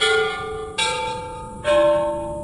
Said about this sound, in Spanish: ¡Que suenen las campanas!